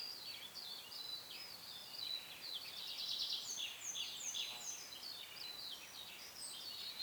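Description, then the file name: European robin delivering a continuous run of high, varied twittering phrases and thin whistles over steady background hiss. "Erithacus rubecula"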